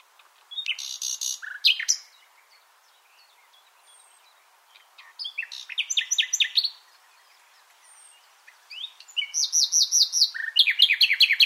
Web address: SETE Luscinia megarhynchos